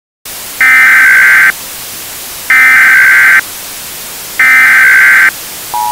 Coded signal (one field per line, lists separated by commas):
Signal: Emergency Alert System (SAME) tones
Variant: header bursts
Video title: EAS Scenario – COVID-21